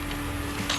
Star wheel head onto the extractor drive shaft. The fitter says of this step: until it locks into place. Once it's locked, the machine is ready to engage.